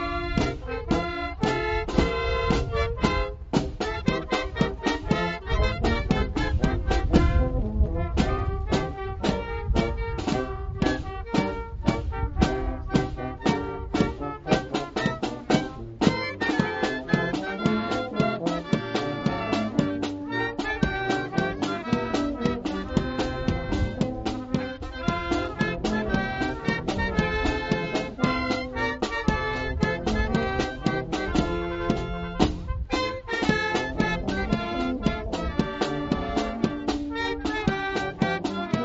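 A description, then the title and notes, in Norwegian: Music plays throughout at a boat parade in Arendal, loud, with a steady regular beat and sustained tones layered densely over a strong low end. The level stays even for the whole stretch, and the sound is somewhat muffled, lacking crisp highs. Båtparaden i Arendal. Rævesand brygge, Eydehavn havn og Nidelv brygge.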